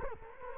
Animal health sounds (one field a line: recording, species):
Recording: mosquito wingbeat signal from an infrared sensor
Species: Culex quinquefasciatus